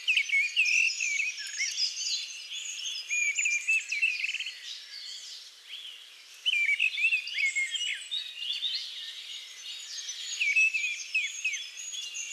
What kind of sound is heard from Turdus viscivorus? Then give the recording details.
song. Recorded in the wild. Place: Kandel /Schwarzwald; Waldkirch, Baden-Württemberg, DE. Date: 2000-06-02. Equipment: MiniDisc Sharp MT 20 H. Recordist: Schwarz, Dieter